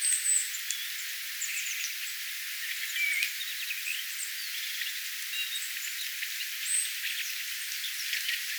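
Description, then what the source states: Thrush giving a quiet, scratchy twittering song of high chirps and short whistled notes in loose, varied phrases. Twittering song with varied song themes; possibly a sinihohtorastas or another more eastern yellow-billed thrush species.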